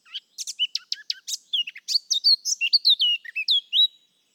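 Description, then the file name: Eurasian blackcap song: rapid scratchy twittering notes that run into a loud, clear, fluting warble with sliding whistled notes at the end. "Sylvia atricapilla"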